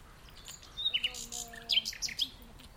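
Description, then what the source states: Common nightingale song of quick whistled notes and rasping chips, with a faint low steady hum beneath. Nightingale singing in the dunes of The Hague on the morning of 12 May 2021, during a lockdown walk.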